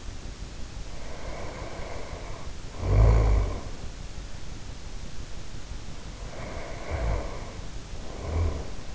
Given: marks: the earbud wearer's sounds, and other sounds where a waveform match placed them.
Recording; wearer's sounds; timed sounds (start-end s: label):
sounds in sleep by an in-ear microphone; snoring breath
0.77-3.89 s: snoring breath
6.10-8.95 s: snoring breath